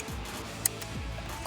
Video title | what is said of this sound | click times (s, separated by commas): 2011-2017 Mustang GT Ford Performance Spark Plugs Review & Install | you hear two clicks one click means that uh the plug is actually back in and then | 0.7 s